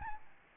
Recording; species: mosquito wingbeat signal from an infrared sensor; Aedes albopictus